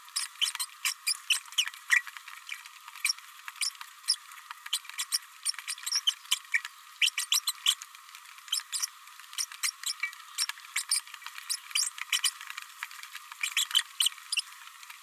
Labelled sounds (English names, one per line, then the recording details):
Green-rumped Parrotlet babbling
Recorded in a nest box in Venezuela
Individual 18B104A3